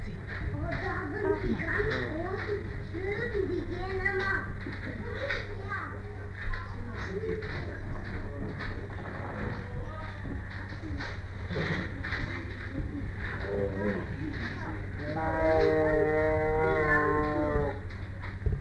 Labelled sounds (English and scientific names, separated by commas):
Tiger (Panthera tigris)